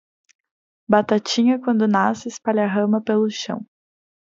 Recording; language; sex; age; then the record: short text; Brazilian Portuguese; female; 20 to 29 years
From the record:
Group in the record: control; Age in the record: 24 years